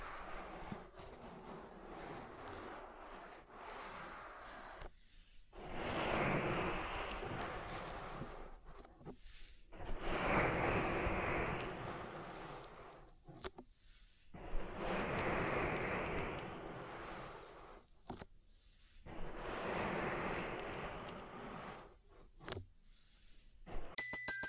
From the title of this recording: Oil Ear Massage